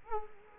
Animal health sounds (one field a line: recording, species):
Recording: mosquito wingbeat signal from an infrared sensor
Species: Culex quinquefasciatus